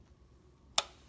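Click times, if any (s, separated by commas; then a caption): 0.8 s. The rear door of a 1/18 scale diecast metal model 2015 Jeep Wrangler Willy's Wheeler by Maisto is closed against the body. It snaps into its catch with a single sharp tick at 0.8 s, and the door latches shut.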